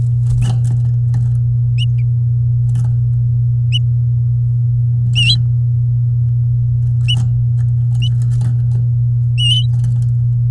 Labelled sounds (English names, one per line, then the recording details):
Domestic Canary song
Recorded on 8 May 2018 at 10:09
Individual llb16